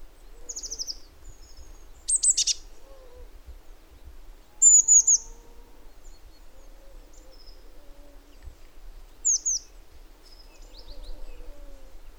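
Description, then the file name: Eurasian blue tit calls: thin high descending notes in short bursts, with a scolding churr near two seconds, over faint low background hum. "Cyanistes caeruleus"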